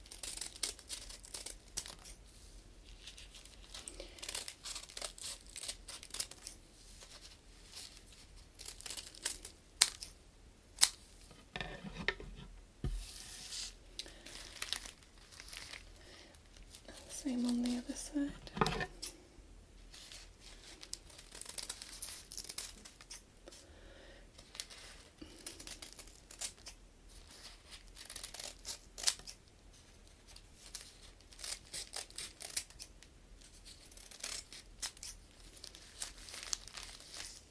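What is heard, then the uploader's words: Crinkling plastic fills the whole stretch with dense, irregular rustles and crackles that are bright and hissy, with few pauses. Sharper bursts stand out around 10, 12 and 18 seconds, and a brief low tone sounds near 17 seconds. ASMR Crinkles all the way.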